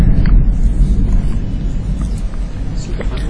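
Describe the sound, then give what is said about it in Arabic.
A deep, rolling rumble of thunder that stays loud and steady throughout, its low growl churning without a break, with faint higher crackles and patter scattered on top. “سبح الرعد بحمده والملائكة من خيفته.”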